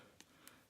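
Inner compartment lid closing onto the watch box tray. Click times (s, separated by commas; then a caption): 0.2 s, 0.5 s. A small lid on the inner compartment of a J.Rosee Large 8 watch box, which has a fine green texture, is closed onto the box's tray. Two short, sharp clicks are heard at 0.2 and 0.5 seconds over a quiet background. The lid locks or shuts in place.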